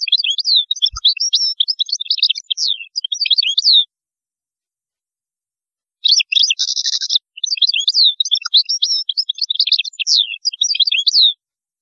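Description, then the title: European goldfinch song: long runs of fast, tinkling, high twitters and slurred notes, a brief pause, then a buzzy burst leading into more rapid twittering. "Chant Chardonneret"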